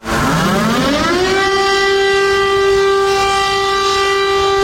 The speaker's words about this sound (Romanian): În București, sirenele au sunat astăzi începând cu ora 10